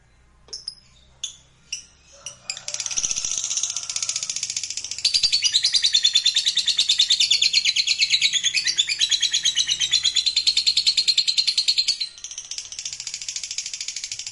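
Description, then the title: Lovebird song, opening with scattered sharp chips, then a long, fast, buzzy chatter of rapidly pulsed high notes lasting about nine seconds. Lovebird sound played to stimulate lovebirds. "Suara Lovebird"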